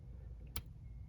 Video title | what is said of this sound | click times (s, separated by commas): '86 Ford F350 6.9IDI | I guess you can almost hear a pop too oh yeah | 0.6 s